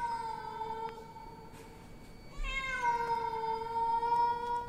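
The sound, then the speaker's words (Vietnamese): Outside at a window, a cat meows loudly and continuously, a sustained wailing cry that holds steady, dips, then swells louder with a slight rise in pitch. No one speaks. “Tự nhiên, ở bên ngoài, có cái con mèo nó kêu vang từ cửa sổ.”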